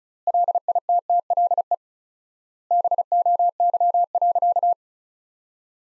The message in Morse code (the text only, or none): LITTLE BOY.